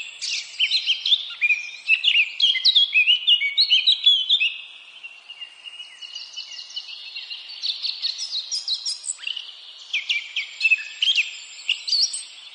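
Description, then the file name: Eurasian blackcap song, long bursts of fast chattering and warbled notes, tumbling up and down, with a quieter stretch in the middle before the warbling resumes. "Sylvia atricapilla"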